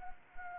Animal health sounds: mosquito wingbeat signal from an infrared sensor; Anopheles arabiensis

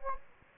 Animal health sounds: mosquito wingbeat signal from an infrared sensor; Anopheles gambiae

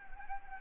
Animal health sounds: mosquito wingbeat signal from an infrared sensor; Anopheles gambiae

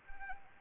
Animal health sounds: mosquito wingbeat signal from an infrared sensor; Anopheles arabiensis

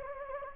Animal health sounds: mosquito wingbeat signal from an infrared sensor; Anopheles gambiae

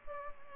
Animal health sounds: mosquito wingbeat signal from an infrared sensor; Culex pipiens

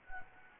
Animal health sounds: mosquito wingbeat signal from an infrared sensor; Anopheles gambiae

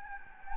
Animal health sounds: mosquito wingbeat signal from an infrared sensor; Anopheles gambiae

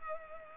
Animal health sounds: mosquito wingbeat signal from an infrared sensor; Culex pipiens

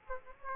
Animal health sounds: mosquito wingbeat signal from an infrared sensor; Aedes aegypti

